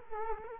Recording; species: mosquito wingbeat signal from an infrared sensor; Culex quinquefasciatus